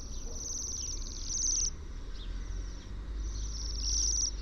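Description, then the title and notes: Bohemian waxwing calls, high thin sibilant trills in two bursts a couple of seconds apart, over low rumbling background noise. "Sidensvans by forskningno"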